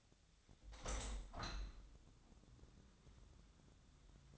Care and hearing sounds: daily activity, microphone in the room; open window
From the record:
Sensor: 3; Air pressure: 1006.4 hPa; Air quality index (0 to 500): 196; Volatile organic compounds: 15 ppm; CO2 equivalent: 2491 ppm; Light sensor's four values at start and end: 10/23/9/9 and 10/24/10/10

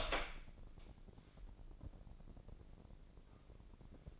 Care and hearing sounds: daily activity, microphone in the room; open door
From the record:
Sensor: 5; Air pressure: 1012.4 hPa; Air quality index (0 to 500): 157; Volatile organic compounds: 2 ppm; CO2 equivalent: 1074 ppm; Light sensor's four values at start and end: 216/526/220/239 and 219/534/223/243

